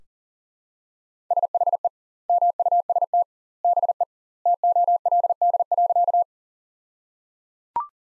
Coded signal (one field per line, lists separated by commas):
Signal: Morse code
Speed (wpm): 37 wpm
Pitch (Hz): 700 Hz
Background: none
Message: SHE MUST BE TOLD.